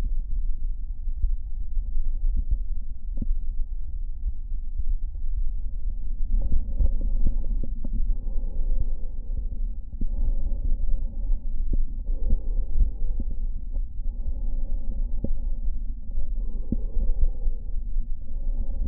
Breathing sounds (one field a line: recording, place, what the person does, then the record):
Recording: lung sounds by stethoscope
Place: right anterior apical chest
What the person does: quiet breathing, then deep breathing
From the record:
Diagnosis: COPD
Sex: male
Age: 77 years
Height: 164 cm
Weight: 58.2 kg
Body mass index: 21.6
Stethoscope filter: diaphragm mode